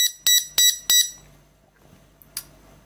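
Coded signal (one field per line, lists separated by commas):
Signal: beep code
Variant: Arduino RFID lock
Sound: end of a beep, then three short high-pitched buzzer beeps, then quiet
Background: small room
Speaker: tag and it became a mass attack it be one long and three shots that means it's programmed successfully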